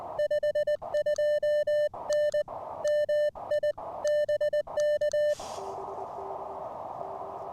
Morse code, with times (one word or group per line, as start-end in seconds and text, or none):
0.2-2.4 52N
2.8-3.7 MI
4.0-5.3 BK